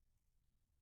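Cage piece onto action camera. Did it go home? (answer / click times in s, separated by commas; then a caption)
no / none. A piece of a Freewell metal accessory cage is being handled as it slides over a DJI Osmo Action 2 action camera. Only faint low-frequency rumble and quiet background noise are heard, with no distinct clicks or words. The piece has not seated or clicked into place yet.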